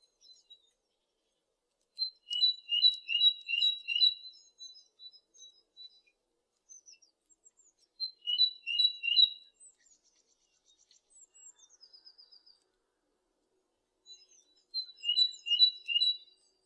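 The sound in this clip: Bird chirping: short bursts of rapid, high, thin notes come about every six seconds, with faint scattered twitters between them.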